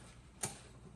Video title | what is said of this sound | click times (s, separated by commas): First Time Changing Guitar Strings on Taylor Mini GS - Tips For Beginner Guitar Player | all right now it actually locks in place we're gonna do the next one | 0.4 s